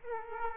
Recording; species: mosquito wingbeat signal from an infrared sensor; Aedes aegypti